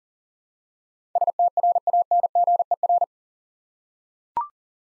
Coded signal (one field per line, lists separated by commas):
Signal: Morse code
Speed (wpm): 40 wpm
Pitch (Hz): 700 Hz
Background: none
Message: STRANGER